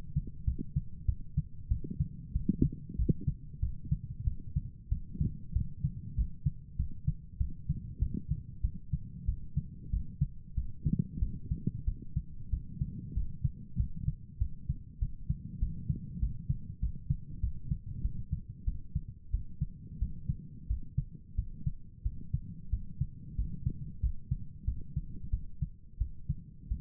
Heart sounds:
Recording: heart sounds by stethoscope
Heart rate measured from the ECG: 94 bpm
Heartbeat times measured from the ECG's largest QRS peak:
0.45 s: heartbeat
1.06 s: heartbeat
1.68 s: heartbeat
2.33 s: heartbeat
2.96 s: heartbeat
3.60 s: heartbeat
4.24 s: heartbeat
4.89 s: heartbeat
5.53 s: heartbeat
6.15 s: heartbeat
6.76 s: heartbeat
7.38 s: heartbeat
7.99 s: heartbeat
8.61 s: heartbeat
9.26 s: heartbeat
9.90 s: heartbeat
10.55 s: heartbeat
11.19 s: heartbeat
11.85 s: heartbeat
12.50 s: heartbeat
13.14 s: heartbeat
13.77 s: heartbeat
14.38 s: heartbeat
14.99 s: heartbeat
15.59 s: heartbeat
16.19 s: heartbeat
16.80 s: heartbeat
17.40 s: heartbeat
18.01 s: heartbeat
18.65 s: heartbeat
19.31 s: heartbeat
19.99 s: heartbeat
20.67 s: heartbeat
21.35 s: heartbeat
22.02 s: heartbeat
22.70 s: heartbeat
23.35 s: heartbeat
24.00 s: heartbeat
24.65 s: heartbeat
25.30 s: heartbeat
25.98 s: heartbeat
26.68 s: heartbeat
From the record:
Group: healthy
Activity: rest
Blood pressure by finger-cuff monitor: 109/78 mmHg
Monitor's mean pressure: 87 mmHg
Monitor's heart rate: 94 bpm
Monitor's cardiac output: 7.5 L/min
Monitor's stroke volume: 78 mL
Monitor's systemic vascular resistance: 850 dyn s/cm5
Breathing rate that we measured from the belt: 9 breaths a minute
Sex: male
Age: 19 years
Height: 178 cm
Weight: 83 kg

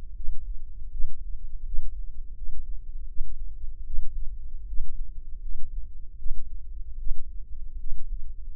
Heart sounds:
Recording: heart sounds by microphone in the left ear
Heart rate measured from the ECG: 79 bpm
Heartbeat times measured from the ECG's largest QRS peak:
0.14 s: heartbeat
0.90 s: heartbeat
1.64 s: heartbeat
2.34 s: heartbeat
3.06 s: heartbeat
3.84 s: heartbeat
4.66 s: heartbeat
5.40 s: heartbeat
6.17 s: heartbeat
6.97 s: heartbeat
7.77 s: heartbeat
8.53 s: heartbeat
From the record:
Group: healthy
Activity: rest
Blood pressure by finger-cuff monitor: 145/89 mmHg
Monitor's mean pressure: 105 mmHg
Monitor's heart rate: 79 bpm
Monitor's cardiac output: 6.4 L/min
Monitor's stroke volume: 83 mL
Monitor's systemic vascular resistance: 1200 dyn s/cm5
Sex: male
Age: 21 years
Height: 180 cm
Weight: 67.5 kg

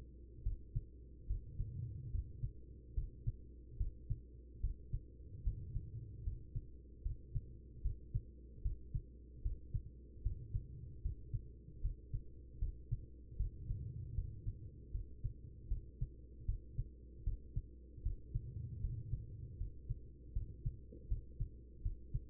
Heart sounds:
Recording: heart sounds by stethoscope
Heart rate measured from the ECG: 76 bpm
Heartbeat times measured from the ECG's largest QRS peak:
0.42 s: heartbeat
1.26 s: heartbeat
2.10 s: heartbeat
2.94 s: heartbeat
3.77 s: heartbeat
4.60 s: heartbeat
5.42 s: heartbeat
6.23 s: heartbeat
7.02 s: heartbeat
7.81 s: heartbeat
8.61 s: heartbeat
9.41 s: heartbeat
10.22 s: heartbeat
11.01 s: heartbeat
11.80 s: heartbeat
12.58 s: heartbeat
13.36 s: heartbeat
14.14 s: heartbeat
14.91 s: heartbeat
15.67 s: heartbeat
16.45 s: heartbeat
17.23 s: heartbeat
18.02 s: heartbeat
18.80 s: heartbeat
19.57 s: heartbeat
20.32 s: heartbeat
21.07 s: heartbeat
21.81 s: heartbeat
From the record:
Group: healthy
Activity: rest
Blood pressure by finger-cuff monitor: 104/69 mmHg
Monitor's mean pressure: 80 mmHg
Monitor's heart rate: 76 bpm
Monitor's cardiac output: 5.3 L/min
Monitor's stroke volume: 70 mL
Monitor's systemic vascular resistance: 1100 dyn s/cm5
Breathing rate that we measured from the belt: 14 breaths a minute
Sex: female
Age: 43 years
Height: 160 cm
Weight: 90 kg

